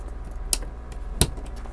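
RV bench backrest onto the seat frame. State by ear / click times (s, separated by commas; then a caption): seated / 0.5 s, 1.2 s. A backrest is fitted onto the seat frame of the converted bench in a 2022 Winnebago Boldt 70 BL B-Class RV. Two sharp snaps ring out at 0.5 s and 1.2 s over a low background hum. The backrest is seated, snapped into place.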